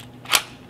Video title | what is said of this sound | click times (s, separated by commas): Glidecam HD 1000 Setup and Test | and like magic my camera is back on and I should be able to lock it back into place | 0.3 s